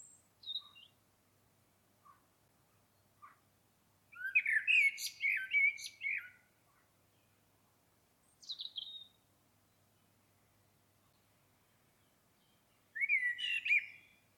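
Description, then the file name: Common blackbird song: scattered thin high notes, a long fluty phrase with a scratchy ending, a short squeaky burst, then another mellow phrase near the end. "Turdus merula"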